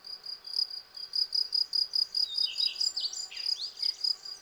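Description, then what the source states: Field cricket producing quick regular ringing chirps, overlaid midway by a few sweeping whistled bird notes. Several field crickets singing from a lawn in a garden at Val Maravel, 18 April 2020, singing for three days; fresh new wings giving clear stridulation; recorded on a Nagra Seven with cardioid MKH40 microphone.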